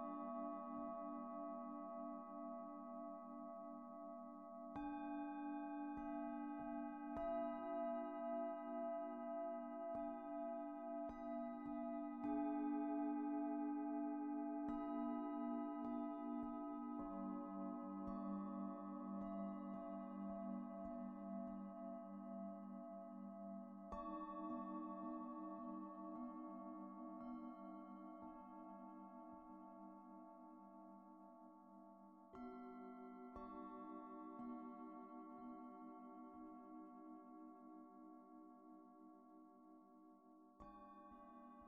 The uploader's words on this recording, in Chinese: 颂钵按摩的韵律。颂钵被轻轻擦过，散发出迷人的音波。